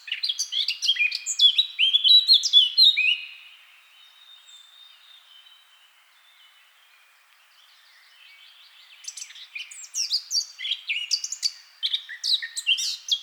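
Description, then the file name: Eurasian blackcap song: a rapid, jumbled warbling phrase, about five seconds of near silence, then another busy warble. "Sylvia atricapilla"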